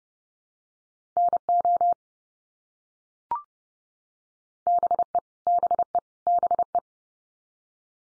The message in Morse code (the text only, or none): NO BE BE BE